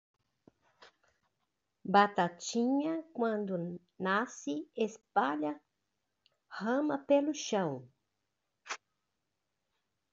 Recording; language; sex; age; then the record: short text; Brazilian Portuguese; female; 50 to 59 years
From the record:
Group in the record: control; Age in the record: 54 years